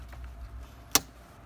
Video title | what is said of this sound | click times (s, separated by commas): 2005 Nissan Altima 2.5 litre Engine Thermostat and Water Valve Regulator Replacement. | here kind of like it snap in place and | 0.9 s